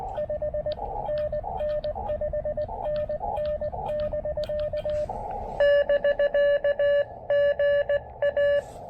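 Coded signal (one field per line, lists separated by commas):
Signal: Morse code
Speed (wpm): 18 wpm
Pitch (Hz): 590 Hz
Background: none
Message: 5NN 5NN <BK> <BK> GA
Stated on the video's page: POTA CW activation at 0.1 watts with an EFHW antenna and KX2, on 20, 17 and 40 meters.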